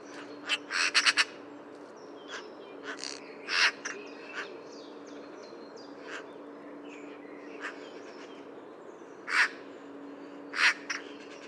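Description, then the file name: Eurasian magpie chattering in harsh rattled bursts, a quick run early on followed by scattered harsh notes, with a constant low hum behind. "Pica pica"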